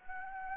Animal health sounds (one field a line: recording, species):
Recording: mosquito wingbeat signal from an infrared sensor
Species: Anopheles gambiae